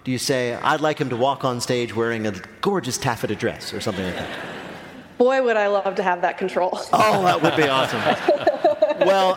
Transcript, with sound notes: Do you say, I'd like him to walk on stage wearing a gorgeous taffeta dress, or something like that?
Boy, would I love to have that control.
(LAUGHTER)
Oh, that would be awesome.